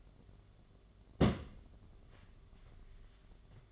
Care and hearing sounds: daily activity, microphone in the room; place on stove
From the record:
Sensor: 4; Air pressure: 1011.1 hPa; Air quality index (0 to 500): 144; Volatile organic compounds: 3 ppm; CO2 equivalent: 1479 ppm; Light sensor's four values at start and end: 181/470/199/207 and 184/479/203/211

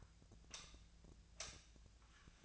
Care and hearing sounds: daily activity, microphone in the room; light off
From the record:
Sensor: 2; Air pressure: 1009.6 hPa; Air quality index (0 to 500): 181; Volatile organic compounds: 10 ppm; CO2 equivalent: 2262 ppm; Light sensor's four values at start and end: 32/85/36/38 and 29/72/31/34

